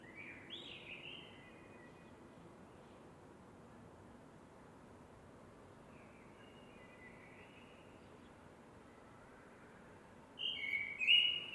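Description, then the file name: Eurasian blackbird fluty whistled song: a warbled phrase at the start, a long quiet gap with one soft phrase, then a louder, richer phrase at the end. "MERLES"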